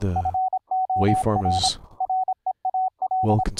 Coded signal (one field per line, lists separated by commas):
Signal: Morse code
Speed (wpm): 26 wpm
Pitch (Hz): 750 Hz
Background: speech, radio noise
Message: FOR REAL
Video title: Remote control of a HAM RADIO RIG - a Linux Laptop connecting to a Raspberry PI Rig Interface